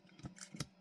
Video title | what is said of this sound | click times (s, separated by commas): Unboxing Fanttik. Cordless screwdriver NEXS1 pro. | lock. Very cool. locks into place. | 0.4 s, 0.6 s